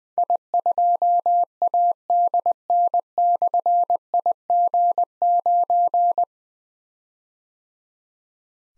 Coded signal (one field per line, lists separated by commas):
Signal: Morse code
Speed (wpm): 20 wpm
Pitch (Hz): 700 Hz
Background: none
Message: I2ADN/IG9